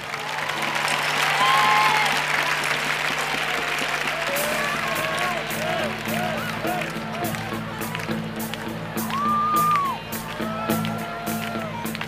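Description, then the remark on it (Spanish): An audience at the 40 Principales 40th anniversary concert applauds the accompanying musicians steadily for about twelve seconds, a dense wash of clapping with crowd noise and scattered voices mixed in, swelling slightly near the start and again toward the end. “Un aplauso muy fuerte para ellos, por favor.”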